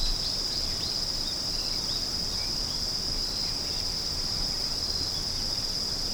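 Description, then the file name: Insect song, an even, piercing high tone held without pause, with a few faint brief chirps near the start. "singing of insect"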